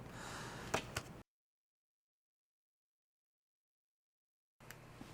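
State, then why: Seated. A plastic cover is lined up and pressed back onto the body of a Texas Instruments TI-30XS Multiview calculator after a teardown. It snaps into place with two sharp, short clicks at 0.7 s and 1.0 s. A long stretch of silence follows, then a faint tap near 4.7 s over low background noise.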